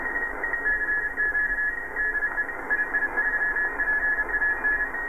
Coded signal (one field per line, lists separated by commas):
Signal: Morse code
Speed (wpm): 30 wpm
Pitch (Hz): 1700 Hz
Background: radio noise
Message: CQ DE II3PAN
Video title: Lowe HF-225 Receiver